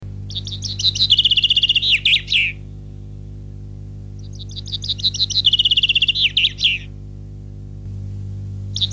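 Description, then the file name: Common chaffinch song: a rapid trill ending in a flourish, two full phrases and the start of a third, with constant low humming behind. "Fringilla coelebs"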